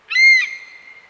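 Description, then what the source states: European honey buzzard alarm call: a single clear, high whistled note, dipping slightly after its loud start, then holding steady and fading out over about a second. Adult female perched in a tree, giving the typical alarm call at the recordist; north of Scotland; UK breeding population small but increasing; easily overlooked in breeding habitat.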